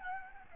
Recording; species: mosquito wingbeat signal from an infrared sensor; Aedes albopictus